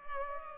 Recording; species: mosquito wingbeat signal from an infrared sensor; Culex pipiens